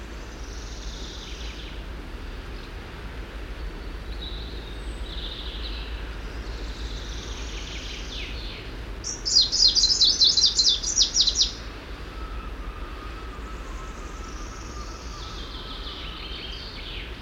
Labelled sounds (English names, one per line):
Greenish Warbler song